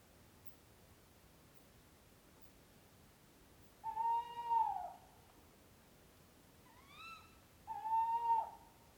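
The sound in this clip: Owl hoot, then silence, a short rising higher call, and a second low hoot right after it.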